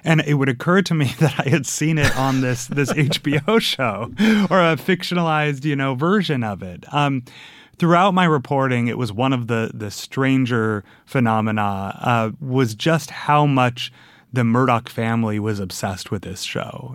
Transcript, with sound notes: And it would occur to me that I had seen it on this HBO show...
(Laughter).
...Or a fictionalized, you know, version of it. Throughout my reporting, it was one of the stranger phenomena - was just how much the Murdoch family was obsessed with this show.